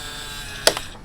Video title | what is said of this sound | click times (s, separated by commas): SCANIA RC TRUCK 1/18 SCALE - MALAYALAM | lock unlock ആയി | 0.7 s